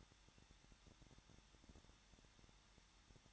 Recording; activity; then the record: daily activity, microphone in the room; no activity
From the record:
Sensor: 3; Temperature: 21.2 degrees Celsius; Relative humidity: 36.4%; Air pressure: 1006.4 hPa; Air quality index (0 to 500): 223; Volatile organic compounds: 43 ppm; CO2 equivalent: 3190 ppm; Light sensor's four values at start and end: 2/3/2/2 and 2/3/2/2